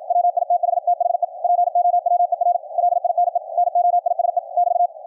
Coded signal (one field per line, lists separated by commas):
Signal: Morse code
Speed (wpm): 50 wpm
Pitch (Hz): 700 Hz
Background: none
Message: WITH THE POWER LINE NOISE <BT>